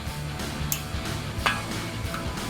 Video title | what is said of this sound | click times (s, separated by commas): Jeep Gladiator JT Jeep Licensed by RedRock HD Rear Bumper Review & Install | and they just pop right in. | 0.7 s, 1.5 s